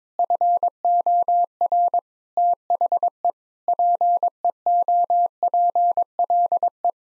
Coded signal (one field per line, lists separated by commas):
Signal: Morse code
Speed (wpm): 22 wpm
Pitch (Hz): 700 Hz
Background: none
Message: FOR THE PEOPLE